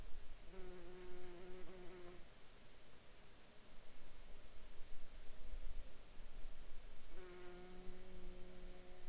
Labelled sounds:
aircraft
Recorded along the Dempster Highway, Canada, on 1 August 2020 at 06:00
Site 16

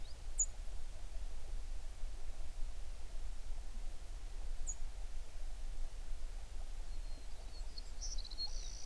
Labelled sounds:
songbird
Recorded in the Prudhoe Bay oil fields, Alaska, on 11 June 2019 at 05:43
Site 21

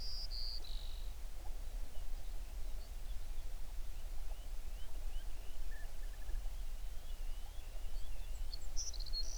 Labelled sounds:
songbird
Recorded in the Prudhoe Bay oil fields, Alaska, on 11 June 2019 at 05:37
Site 21

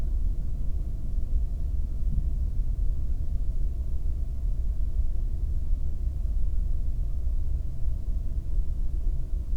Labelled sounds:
wind
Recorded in the Prudhoe Bay oil fields, Alaska, on 22 May 2019 at 00:55
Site 19

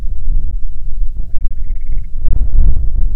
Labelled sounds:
grouse or ptarmigan, wind
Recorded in the Prudhoe Bay oil fields, Alaska, on 6 June 2019 at 03:37
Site 16

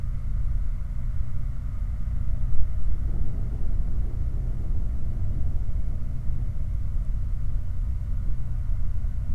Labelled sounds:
machinery, flare stack
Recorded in the Prudhoe Bay oil fields, Alaska, on 19 July 2019 at 06:00
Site 29

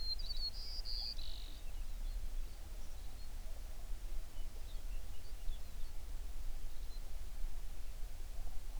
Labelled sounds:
songbird
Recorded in the Prudhoe Bay oil fields, Alaska, on 11 June 2019 at 05:24
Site 21

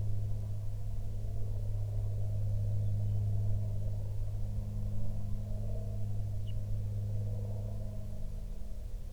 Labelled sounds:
aircraft
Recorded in the Prudhoe Bay oil fields, Alaska, on 15 June 2019 at 10:28
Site 16

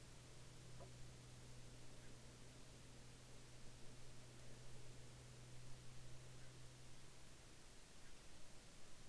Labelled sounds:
near silence
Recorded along the Dempster Highway, Canada, on 9 August 2019 at 18:12
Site 16

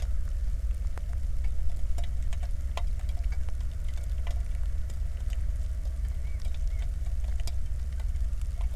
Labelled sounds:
bird, flare stack, rain
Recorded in the Prudhoe Bay oil fields, Alaska, on 1 August 2019 at 02:00
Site 25

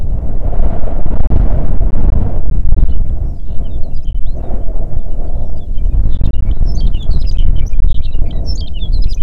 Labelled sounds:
songbird, wind
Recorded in the Prudhoe Bay oil fields, Alaska, on 5 June 2019 at 10:47
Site 16

